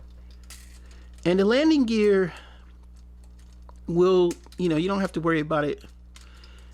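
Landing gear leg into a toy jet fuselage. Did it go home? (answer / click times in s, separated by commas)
yes / 6.2 s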